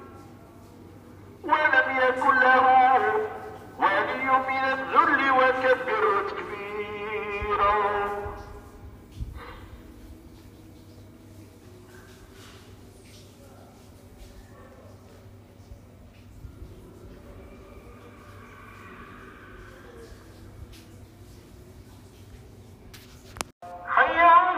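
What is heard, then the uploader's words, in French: A muezzin's amplified voice calls out in Tangier at night, two strong phrases from about 1 to 9 seconds, then fades into a low steady hum. Faint cries, likely gulls, drift in mid-clip, and the voice returns sharply at the very end. Le muezzin à Tanger se lance dans une prière à 4h19. À la fin de la prière, les goélands du détroit de Gibraltar participent à ce moment de la nuit. Le haut-parleur de la mosquée est proche de l’hôtel, il fait nuit. Je regarde par le balcon, des gens marchent dans la rue.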